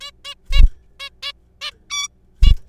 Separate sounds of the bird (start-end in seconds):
0.01-0.11, 0.25-0.34, 0.52-0.61, 1.00-1.09, 1.23-1.32, 1.62-1.71, 1.90-2.08, 2.43-2.52